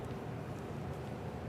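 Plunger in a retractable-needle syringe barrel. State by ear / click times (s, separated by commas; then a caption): not seated / none. The plunger of a naloxone safety syringe is pushed down inside its retractable-needle barrel toward the end of its stroke. Only a steady, low, broadband rumble is heard, with no sharp sounds. Nothing has clicked or seated yet, and the needle has not retracted.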